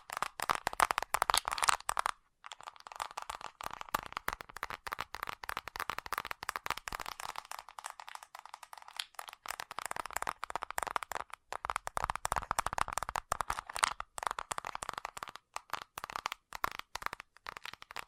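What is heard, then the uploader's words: Fast tapping goes on nonstop for the whole stretch, a dense run of sharp, crisp clicks with a bright, slightly hollow ring. It pauses briefly just after two seconds and thins out in the low end around eight seconds before picking up again. ASMR Fast Tapping for Intense Tingles (No Talking).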